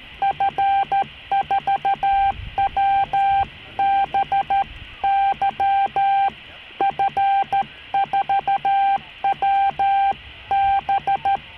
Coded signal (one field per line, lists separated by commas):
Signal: Morse code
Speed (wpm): 13 wpm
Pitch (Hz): 790 Hz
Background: none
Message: F4W B Y F4W B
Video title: Thoughts On VHF Radio For Regional Communications.